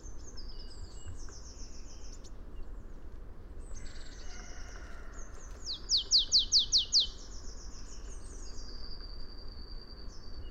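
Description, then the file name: Marsh tit gives one burst of rapid, sharp, downslurred notes midway, with thin high whistles and chips throughout against a steady low rumble. "Poecile palustris"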